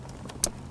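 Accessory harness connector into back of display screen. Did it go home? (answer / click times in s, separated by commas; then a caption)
yes / 0.4 s. An accessory harness connector is plugged into the back of the display screen of a 2016-2019 Lexus RX during installation of a Hamilton Apple CarPlay and Android Auto conversion kit. After faint soft taps near 0.1 and 0.3 seconds, a sharp, bright snap rings out at 0.4 seconds as the connector seats firmly in place.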